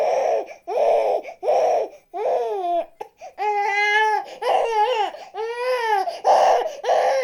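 Repeated loud, high-pitched wailing cries from a baby, some breaking into tonal, harmonic wails; ordinary baby crying.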